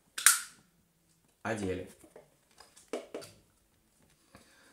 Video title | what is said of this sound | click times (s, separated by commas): Фильтр PAT Mini. Честная покупка 2 | до щелчка одели | 0.2 s, 0.3 s